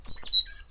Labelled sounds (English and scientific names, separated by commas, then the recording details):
Stitchbird (Notiomystis cincta) song
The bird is a male
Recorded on Tiritiri Matangi Island, New Zealand, in 2005
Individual 8, of nest box 10